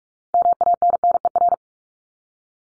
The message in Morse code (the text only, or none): MANNER